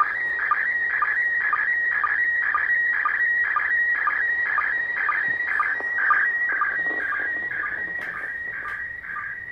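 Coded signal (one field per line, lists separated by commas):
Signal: SSTV (slow-scan television)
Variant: PD 120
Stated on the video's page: SSTV from the International Space Station on 145.800 MHz, received on an Icom IC-R8500 receiver.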